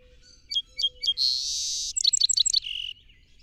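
Song sparrow gives one full song: three evenly spaced sharp notes, a wide buzz, a fast trill and a low buzzy close.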